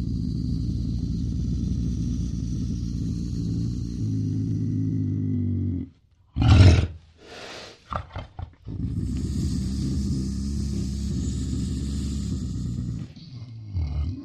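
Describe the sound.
Lynx giving a long, low, harmonic growling yowl that holds steady, breaks off for a few seconds of thumps and rustles, then resumes drawn out.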